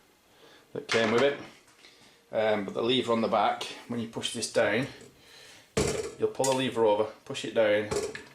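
Someone talks while handling the tilt head of a pink metal KitchenAid Artisan stand mixer, pulling the rear locking lever over and pushing the head down toward the mixer base. Nothing has seated or clicked yet; the clip ends before the tilt head locks into place.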